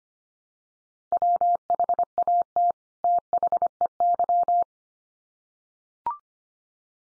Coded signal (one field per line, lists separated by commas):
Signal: Morse code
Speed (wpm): 25 wpm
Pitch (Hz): 700 Hz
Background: none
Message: WHAT THEY